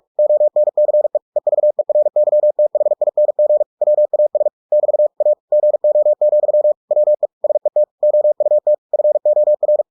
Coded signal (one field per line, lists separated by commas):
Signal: Morse code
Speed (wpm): 46 wpm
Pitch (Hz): 600 Hz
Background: none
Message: ONCE EVERYTHING WAS <BT> A GO, WE SET OUT FOR